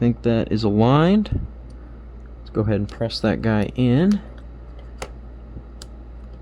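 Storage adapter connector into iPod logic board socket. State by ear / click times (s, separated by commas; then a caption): seated / 5.0 s, 5.8 s. Someone talks while lining up the pins of a storage adapter's ribbon connector, then presses it into its socket on the logic board inside an iPod Classic 4th Gen being fitted with an SD card. Sharp clicks are heard at 5.0 s and 5.8 s as the connector seats firmly in place.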